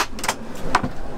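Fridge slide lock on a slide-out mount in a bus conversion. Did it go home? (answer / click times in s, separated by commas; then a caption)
yes / 0.8 s. A pull-out fridge on a slide-out mount in a bus conversion is pushed back along its slider, with a few soft knocks around 0.2–0.3 s. Its slide lock then engages with a sharp click at 0.8 s, locking the fridge in place so it cannot slide out while driving.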